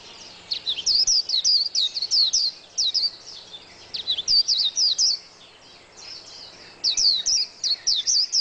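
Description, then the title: White-eye song of rapid high-pitched twitters in several bursts separated by short pauses, each burst a tumbling series of thin, sliding notes. "Pleci. Burung"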